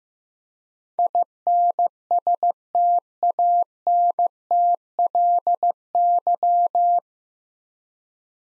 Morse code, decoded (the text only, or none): INSTANTLY